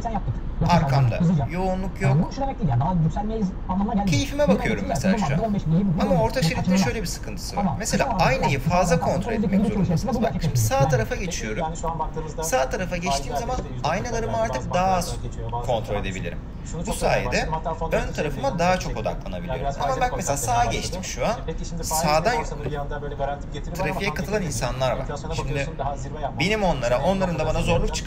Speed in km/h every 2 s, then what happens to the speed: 98, 96, 92, 90, 87, 85, 82, 81, 79, 77, 76, 77, 78, 78.
0-19 slows to 76. 19-28 steady at about 77.